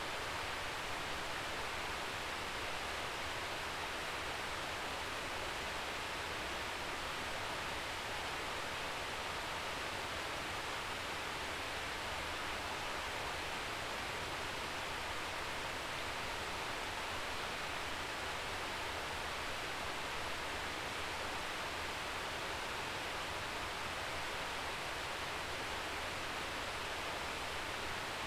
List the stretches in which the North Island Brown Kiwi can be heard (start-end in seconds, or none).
none